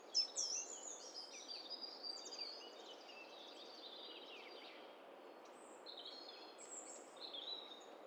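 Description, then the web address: Several birds chattering at once, with overlapping high twitters and squeaky notes, busiest early on, then sparser calls over a constant hiss. "Hi Fi STEREO BIRD COCKTAIL PARTY Challenge"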